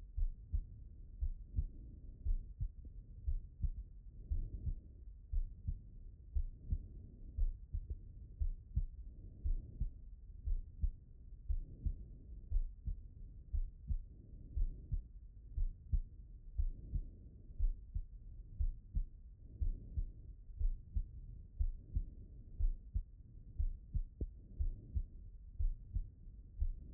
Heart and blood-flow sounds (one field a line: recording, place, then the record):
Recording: heart sounds by stethoscope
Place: pulmonary valve (PV)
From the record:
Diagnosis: non-HFrEF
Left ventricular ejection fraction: 68%